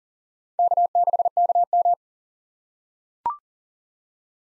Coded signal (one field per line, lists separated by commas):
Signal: Morse code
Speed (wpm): 40 wpm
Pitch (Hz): 700 Hz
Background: none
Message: K6KM